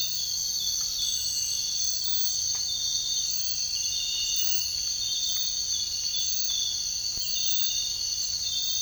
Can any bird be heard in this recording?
no